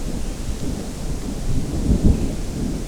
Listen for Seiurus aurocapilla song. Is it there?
no